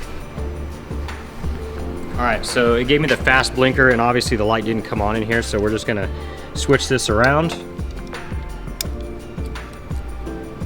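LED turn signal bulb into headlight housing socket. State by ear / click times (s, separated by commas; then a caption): not seated / none. An LED turn signal bulb for a 10th Gen Civic is being swapped around after the fast blinker and unlit light, to go back into its socket in the headlight housing so it won't fall loose inside. Someone talks over music, with short sharp handling ticks near 8.0, 8.1 and 8.8 seconds. Nothing has seated or clicked yet.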